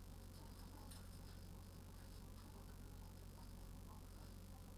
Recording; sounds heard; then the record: poultry house recording; healthy chickens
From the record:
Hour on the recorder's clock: 18